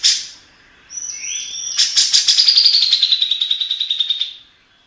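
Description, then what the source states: Grey-cheeked bulbul song: a high opening note, then a long, fast, scratchy series that gradually descends in pitch before fading. Long-duration master song used for training songbirds.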